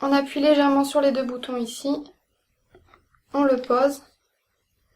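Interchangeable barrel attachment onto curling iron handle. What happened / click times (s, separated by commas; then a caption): The attachment is handled and placed but has not clicked home yet / none. An interchangeable barrel attachment is lined up the right way on a curling iron handle while both release buttons are lightly pressed, and it is set in place. Someone talks, then there are a few faint brief handling sounds around 2.8–3.2 s before the talking resumes. Nothing has seated or clicked yet.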